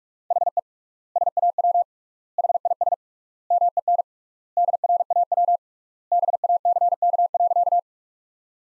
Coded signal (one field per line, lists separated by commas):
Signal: Morse code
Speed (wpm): 46 wpm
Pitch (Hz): 700 Hz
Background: none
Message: HE SAW HIS MEN DRAW BACK.